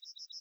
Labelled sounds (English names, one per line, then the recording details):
Yellowhammer song
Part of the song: start
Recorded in the Czech Republic on 11 July 2013
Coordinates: 49.722, 15.558
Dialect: BC
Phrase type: C30
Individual 316537